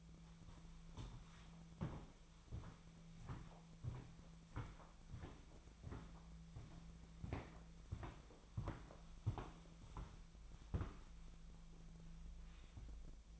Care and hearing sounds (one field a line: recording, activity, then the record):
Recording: daily activity, microphone in the room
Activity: walk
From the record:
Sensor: 1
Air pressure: 1008.3 hPa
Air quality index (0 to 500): 191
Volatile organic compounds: 17 ppm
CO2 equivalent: 2587 ppm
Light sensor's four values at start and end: 17/43/18/20 and 17/43/18/20